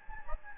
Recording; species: mosquito wingbeat signal from an infrared sensor; Anopheles gambiae